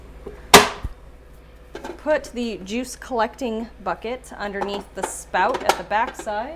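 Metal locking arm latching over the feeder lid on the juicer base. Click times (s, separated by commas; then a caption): 0.5 s. The metal locking arm of an E-Ware EW-8K129BO 700W 2-speed electric juicer swings over the feeder lid, stacked with the pulp bucket on the juicer base, and snaps into place with one loud, sharp hit at 0.5 s. Someone then talks for the rest of the clip, and the arm is latched.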